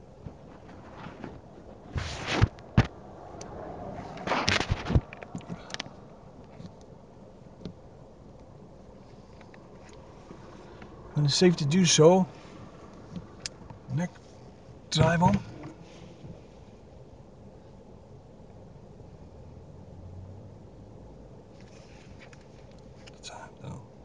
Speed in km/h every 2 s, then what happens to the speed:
0, 0, 0, 0, 0, 0, 0, 0, 0, 0, 0, 0.
0-24 standing.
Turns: none.